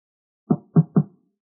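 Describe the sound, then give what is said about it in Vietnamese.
Three dull, low knocks on a door from outside by someone bringing a package, the first slightly apart and the next two quicker together, fairly loud against silence with no voices. “Bên ngoài lại vang lên tiếng gõ cửa.”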